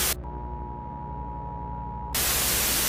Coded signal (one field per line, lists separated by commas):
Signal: Emergency Alert System (SAME) tones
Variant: 853 and 960 Hz attention tone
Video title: EAS Special: A Radiological Dedication